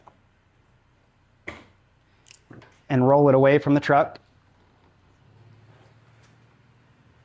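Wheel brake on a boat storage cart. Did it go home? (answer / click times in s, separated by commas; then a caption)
released / 1.5 s. A wheel brake on a boat storage cart is released after the boat has been lifted to the top, with a sharp snap at 1.5 s followed by a few softer clicks around 2.3–2.6 s. Someone then talks briefly before the room goes quiet with a low hum.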